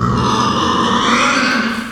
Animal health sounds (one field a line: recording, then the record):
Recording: squeal of a Yucatan mini pig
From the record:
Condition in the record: after surgery on the right vocal fold (resection and tissue-engineered implant)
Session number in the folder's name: 15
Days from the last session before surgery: 175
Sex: female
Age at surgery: 19 weeks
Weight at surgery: 25 kg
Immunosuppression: prednisolone